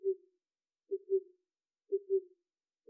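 Oriental cuckoo giving low, hollow paired hoots, a short note then a longer one, repeated about once a second against a silent background.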